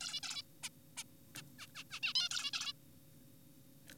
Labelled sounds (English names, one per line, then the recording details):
Zebra Finch
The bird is an adult
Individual g4p5U